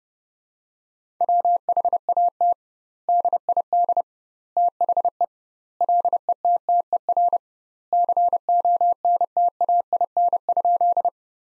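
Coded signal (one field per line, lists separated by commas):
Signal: Morse code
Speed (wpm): 30 wpm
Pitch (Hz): 700 Hz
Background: none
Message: WHAT DID THE LETTER CONTAIN?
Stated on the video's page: Morse Code Ninja practice: sentences from the top 500 words at 30 wpm with double standard word spacing, a word-based approach analogous to Farnsworth.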